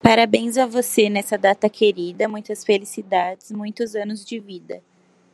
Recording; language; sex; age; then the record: short text; Brazilian Portuguese; female; 20 to 29 years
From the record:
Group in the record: control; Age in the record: 20 years